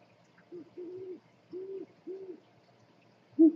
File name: tieng cu meo keu kinh di trong dem